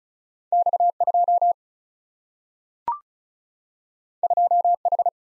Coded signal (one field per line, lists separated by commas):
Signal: Morse code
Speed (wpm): 36 wpm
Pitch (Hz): 700 Hz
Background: none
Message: X 2 2 H